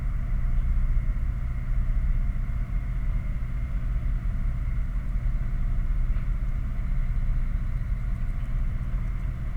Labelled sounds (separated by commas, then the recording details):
machinery
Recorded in the Prudhoe Bay oil fields, Alaska, on 11 August 2019 at 21:08
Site 29